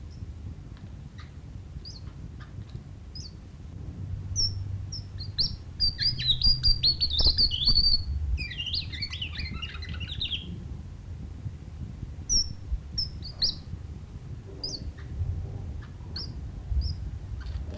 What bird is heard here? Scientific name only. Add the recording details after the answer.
Amandava subflava. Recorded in captivity. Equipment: Halbspur, 9,5 cm/s. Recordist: Lütgens, Hans